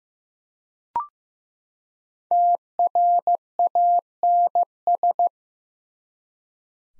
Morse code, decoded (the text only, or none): TRANS